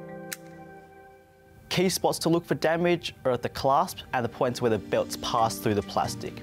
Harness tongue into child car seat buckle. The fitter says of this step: straps and make sure the Buckle clicks into place securely